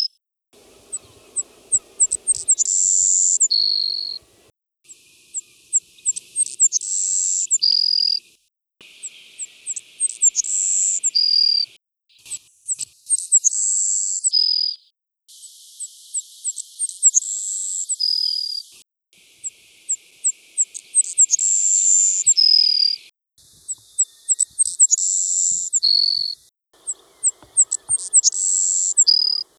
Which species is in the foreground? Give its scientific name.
Passerculus sandwichensis